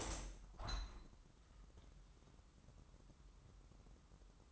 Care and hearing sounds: daily activity, microphone in the room; open window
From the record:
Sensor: 3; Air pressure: 998.2 hPa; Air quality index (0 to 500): 150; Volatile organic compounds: 5 ppm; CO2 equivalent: 1799 ppm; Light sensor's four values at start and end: 13/38/15/14 and 13/38/15/14

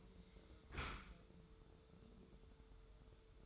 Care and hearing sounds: daily activity, microphone in the room; close dishwasher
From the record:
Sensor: 3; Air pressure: 1015.0 hPa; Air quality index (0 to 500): 30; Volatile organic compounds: 1 ppm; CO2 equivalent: 532 ppm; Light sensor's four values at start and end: 11/26/11/10 and 11/26/11/10

